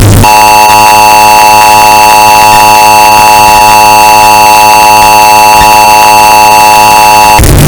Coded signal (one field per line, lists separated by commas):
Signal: Emergency Alert System (SAME) tones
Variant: 853 and 960 Hz attention tone